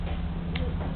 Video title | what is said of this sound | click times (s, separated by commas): Ascending and descending a rope using mechanical advantage. | there's the click it means I'm ready to go again | 0.6 s